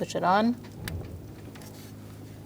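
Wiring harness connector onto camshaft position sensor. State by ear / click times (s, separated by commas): seated / 0.9 s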